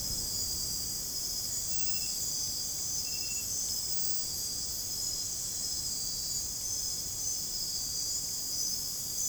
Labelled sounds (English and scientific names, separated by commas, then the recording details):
none
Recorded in dense forest near Puerto Asís, Putumayo, Colombia, on 29 June 2025 at 00:00
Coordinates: 0.503, -76.323
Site G059